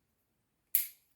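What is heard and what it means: A hose push-fit connector on the line of a Gardiner V3 backpack is pushed onto the end fitting of a water-fed cleaning pole. After silence, a single sharp, loud snap sounds at 0.7 s and quickly fades. The fitting clicks into place and seats nice and tight.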